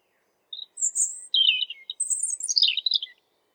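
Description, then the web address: European robin song, a quick phrase of very high thin notes mixed with lower liquid warbles and trills, lasting under three seconds. "geluiden roodborst zang"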